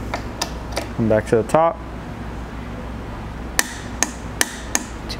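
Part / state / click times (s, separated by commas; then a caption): torque wrench on upper trunnion shock bolts of bicycle frame / torque reached / 3.6 s, 4.0 s, 4.4 s, 4.8 s. Someone talks briefly as a 16 Nm click-type torque wrench is moved to the top two upper trunnion shock bolts of an Intense Tazer MX bicycle frame during a spring swap, with a few faint ticks early on. The wrench is tightened until it gives sharp metallic clicks at 3.6, 4.0, 4.4 and 4.8 seconds, confirming both bolts have reached the torque setting.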